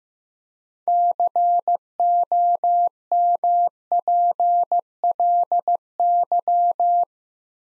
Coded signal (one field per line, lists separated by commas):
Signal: Morse code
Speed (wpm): 15 wpm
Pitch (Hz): 700 Hz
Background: none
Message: COMPLY